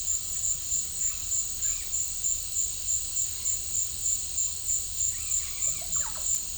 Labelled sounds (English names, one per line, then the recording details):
unidentified bird
Russet-backed Oropendola
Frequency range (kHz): unidentified bird 0.3-3.6 kHz; Russet-backed Oropendola 0.3-2.5 kHz
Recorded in pastures near Puerto Asís, Putumayo, Colombia, on 20 December 2024 at 17:00
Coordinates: 0.496, -76.326
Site G004